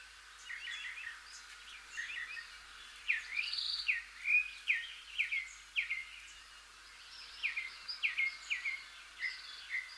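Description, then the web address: Northern mockingbird delivering a string of varied chirps and slurred whistles, several phrases repeated in quick succession, with steady background hiss. "Northern mockingbird. صدای-پرنده-مرغ-تقلیدگر-شمالی"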